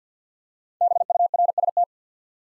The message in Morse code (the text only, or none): BURST